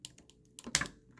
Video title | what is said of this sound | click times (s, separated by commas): Kingdom Megatron in Full Fossilized Armor | There we go. Satisfying click. | 0.8 s